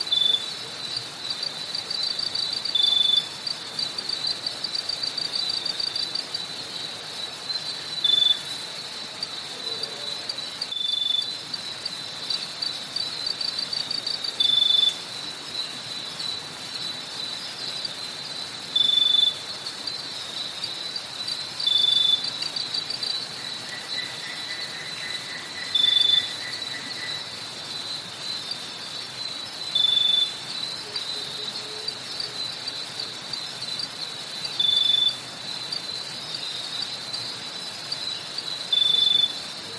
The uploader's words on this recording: Relaxing Nature Sound of a Bali Rice Paddy to Help You Sleep - Cicadas, Frogs and Water. Bali Rice Paddy - Cicadas, Frogs and Water.